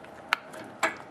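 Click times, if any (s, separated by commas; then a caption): 0.3 s. The dial of a manual 4x4 locking hub on the front wheel of a 1996 Ford F-150 pickup is turned from lock back to free. The metal hub mechanism disengages with a sharp click at 0.3 s, followed by a second, longer mechanical sound around 0.8 s, and the hub is released to free.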